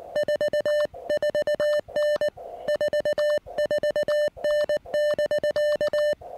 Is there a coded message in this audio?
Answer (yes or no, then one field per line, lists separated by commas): yes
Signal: Morse code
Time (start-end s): 0.2-6.1 s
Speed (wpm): 19 wpm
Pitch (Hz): 600 Hz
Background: music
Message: 44N 44N<BK>